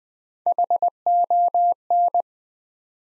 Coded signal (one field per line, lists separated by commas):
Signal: Morse code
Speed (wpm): 20 wpm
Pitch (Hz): 700 Hz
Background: none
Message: HON